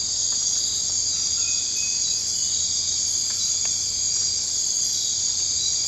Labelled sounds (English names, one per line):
none